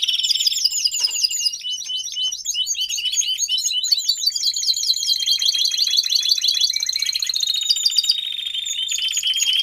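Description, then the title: Domestic canary song, crowded rapid trills of sweeping high notes, layered and continuous, with shifts in pitch and texture throughout. Male canary singing a lot; recording for training, to warm up young and Belgian canaries in 30 minutes. "Canary Training Esquente Seu Filhote E Canario Belga Em 30 Minutos Macho Cantando Muito"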